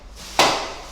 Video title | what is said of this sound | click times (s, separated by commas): 에하임 프로페셔널4+ 2273 설치 | 이렇게 딸깍 소리가 날때까지 단단하게 고정을 시켜 주시구요 그 다음에 | 0.4 s